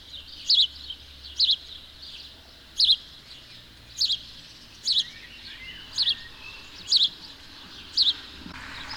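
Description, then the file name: House sparrow with a regular run of sharp chirps, roughly one per second, over a faint low hum. "Passer domesticus"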